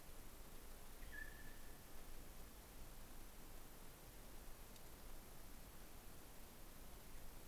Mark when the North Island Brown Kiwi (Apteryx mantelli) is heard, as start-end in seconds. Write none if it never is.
none